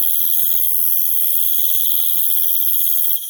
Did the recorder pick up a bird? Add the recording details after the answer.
no. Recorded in pastures near Puerto Asís, Putumayo, Colombia, on 19 June 2025 at 21:00. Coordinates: 0.487, -76.322. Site H26